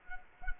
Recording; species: mosquito wingbeat signal from an infrared sensor; Culex quinquefasciatus